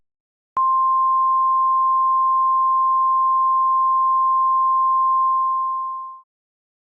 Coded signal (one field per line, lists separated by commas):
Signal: Emergency Alert System (SAME) tones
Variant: 1050 Hz attention tone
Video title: EAS Mock: Hurricane Ian Civil Emergency Message for Charlotte, FL